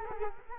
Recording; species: mosquito wingbeat signal from an infrared sensor; Culex quinquefasciatus